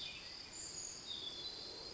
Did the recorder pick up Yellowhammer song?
no